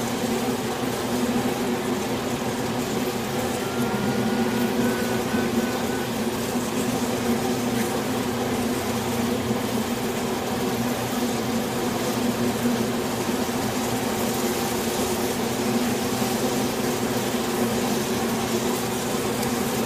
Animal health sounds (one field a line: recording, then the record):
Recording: honeybee colony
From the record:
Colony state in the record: swarm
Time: day